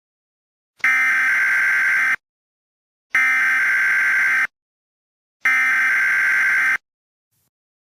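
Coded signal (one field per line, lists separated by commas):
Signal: Emergency Alert System (SAME) tones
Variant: header bursts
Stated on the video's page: Fictional scenario using valid EAS tones.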